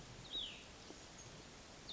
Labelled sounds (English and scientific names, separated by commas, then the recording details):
Cassin's Vireo (Vireo cassinii)
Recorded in Sonoma County, California